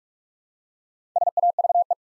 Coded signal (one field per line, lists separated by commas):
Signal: Morse code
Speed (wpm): 44 wpm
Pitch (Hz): 700 Hz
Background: none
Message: SAVE